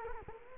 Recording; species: mosquito wingbeat signal from an infrared sensor; Culex quinquefasciatus